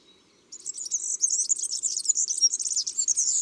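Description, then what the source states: European serin song begins after a short silence, then pours out as a fast, high, glassy jingle of squeaky notes until the end. In March.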